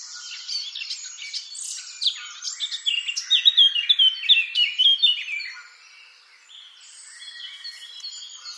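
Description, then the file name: Eurasian blackcap singing a rapid, varied warble with bright fluty whistles that peaks mid-phrase, then fades into softer twittering for the last few seconds. "Sylvia atricapilla"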